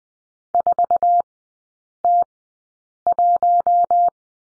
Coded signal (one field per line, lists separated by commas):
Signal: Morse code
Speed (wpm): 20 wpm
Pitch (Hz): 700 Hz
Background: none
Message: 4T1